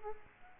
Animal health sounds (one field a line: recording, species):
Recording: mosquito wingbeat signal from an infrared sensor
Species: Culex quinquefasciatus